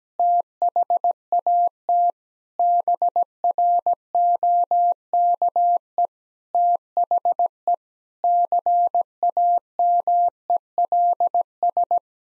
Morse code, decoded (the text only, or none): THAT BROKE THE CAMELS